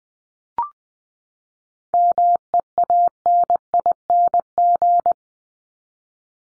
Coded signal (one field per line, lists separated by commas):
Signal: Morse code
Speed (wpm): 20 wpm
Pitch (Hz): 700 Hz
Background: none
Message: MEANING